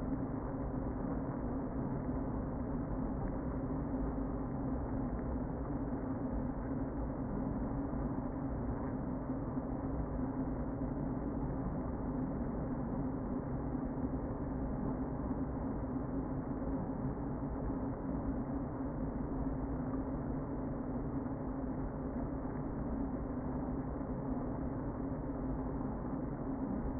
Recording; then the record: honeybee colony, microphone inside the hive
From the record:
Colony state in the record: queen present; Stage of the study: before two queens were removed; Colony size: about 60,000 bees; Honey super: yes